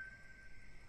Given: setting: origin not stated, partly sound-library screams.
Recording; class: one-second piece from a danger detection set; normal situation